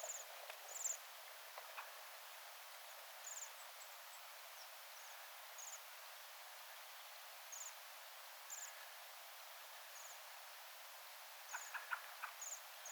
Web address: paivat 17 12 2024 tilhiparven rauhallista aantelya saaressa